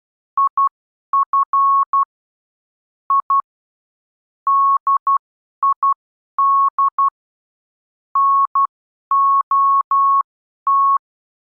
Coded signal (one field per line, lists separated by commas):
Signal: Morse code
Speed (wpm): 12 wpm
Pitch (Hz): 1100 Hz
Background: none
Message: IF I DID NOT